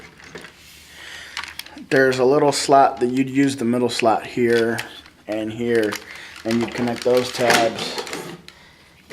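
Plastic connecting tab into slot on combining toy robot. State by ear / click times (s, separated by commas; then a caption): seated / 8.5 s. A plastic connecting tab on a combining toy robot part is pushed into a slot on the combined figure while someone talks. A few light plastic taps come early in the clip, and a short, sharp click at 8.5 s shows the tab has seated in the slot.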